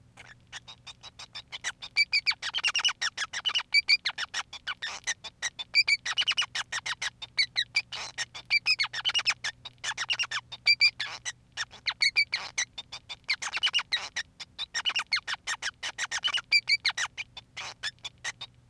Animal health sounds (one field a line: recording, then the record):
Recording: song of a male Bengalese finch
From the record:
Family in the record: son of father 5